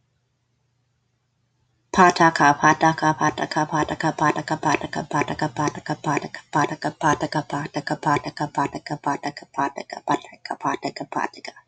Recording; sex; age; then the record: repeated syllables /pa ta ka/; female; 20 to 29 years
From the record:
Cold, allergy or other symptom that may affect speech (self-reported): no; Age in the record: 29 years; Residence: Minnesota, United States